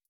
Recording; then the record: hydrophone in a shrimp aquaculture tank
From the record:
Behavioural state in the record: stressed